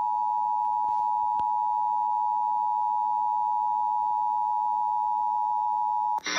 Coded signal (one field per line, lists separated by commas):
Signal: Emergency Alert System (SAME) tones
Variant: 853 and 960 Hz attention tone